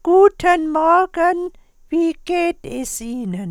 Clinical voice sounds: spoken sentence; German; female; 60 to 69 years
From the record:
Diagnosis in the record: recurrent laryngeal nerve paralysis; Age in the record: 68 years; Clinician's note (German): Frische strumiprive, mit inkompletter Kompensation

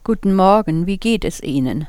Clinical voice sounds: spoken sentence; German; female; 60 to 69 years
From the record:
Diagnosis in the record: healthy voice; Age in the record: 65 years

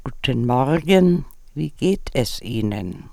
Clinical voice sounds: spoken sentence; German; female; 70 to 79 years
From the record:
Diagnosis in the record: presbyphonia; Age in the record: 79 years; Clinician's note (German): Stimmlippenvarizen links

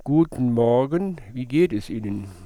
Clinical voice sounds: spoken sentence; German; male; 70 to 79 years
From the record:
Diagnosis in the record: central laryngeal movement disorder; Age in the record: 70 years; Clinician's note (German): Dysphagie, Speichelsekret

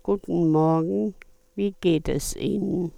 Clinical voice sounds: spoken sentence; German; female; 70 to 79 years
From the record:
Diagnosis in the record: functional dysphonia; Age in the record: 74 years

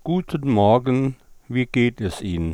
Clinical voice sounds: spoken sentence; German; male; 70 to 79 years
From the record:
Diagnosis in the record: recurrent laryngeal nerve paralysis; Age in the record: 76 years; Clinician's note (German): Rechts, mit inkompletter Kompensation

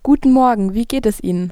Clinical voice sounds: spoken sentence; German; female; 18 to 19 years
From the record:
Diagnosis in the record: healthy voice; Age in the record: 18 years

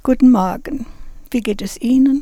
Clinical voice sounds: spoken sentence; German; female; 70 to 79 years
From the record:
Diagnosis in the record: presbyphonia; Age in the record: 70 years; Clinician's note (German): Vox senilis

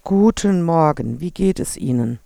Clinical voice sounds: spoken sentence; German; female; 50 to 59 years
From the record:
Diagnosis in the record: recurrent laryngeal nerve paralysis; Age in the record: 57 years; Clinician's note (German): Strumipriv, rechts, ohne phonatorische Kompensation

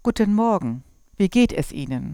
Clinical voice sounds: spoken sentence; German; female; 40 to 49 years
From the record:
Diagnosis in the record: healthy voice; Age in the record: 47 years

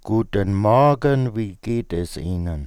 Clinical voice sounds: spoken sentence; German; male; 40 to 49 years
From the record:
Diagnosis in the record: dysarthrophonia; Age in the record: 41 years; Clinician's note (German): Ausgeprägte laryngale Bewegungsstörung, langsame monotone Prosodie

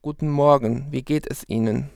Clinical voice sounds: spoken sentence; German; male; 30 to 39 years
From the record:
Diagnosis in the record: mutational falsetto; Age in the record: 35 years

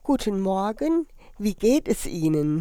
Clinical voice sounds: spoken sentence; German; female; 70 to 79 years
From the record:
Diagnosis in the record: hyperfunctional dysphonia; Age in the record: 73 years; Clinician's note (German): Leichte Form

